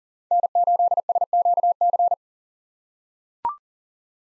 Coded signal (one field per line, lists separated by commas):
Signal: Morse code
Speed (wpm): 40 wpm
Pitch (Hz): 700 Hz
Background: none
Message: N8SQC